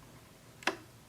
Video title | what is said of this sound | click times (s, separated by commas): Kinder Scientific StartleMonitor Chamber Main Circuit Board Replacement | then rotate it and you will hear a clicking sound to indicate that it is locked and it is secure | 0.6 s, 0.7 s